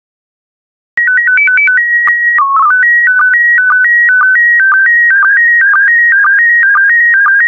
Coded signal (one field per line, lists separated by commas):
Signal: SSTV (slow-scan television)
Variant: PD 120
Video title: 84021 Roses by Diane Rose Therrien SSTV PD120